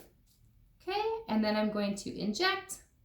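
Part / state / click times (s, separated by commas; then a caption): insulin pen injection button / not seated / none. An insulin pen is held against a patient's skin with its injection button about to be pressed while someone talks over quiet room tone. Nothing has clicked or seated yet.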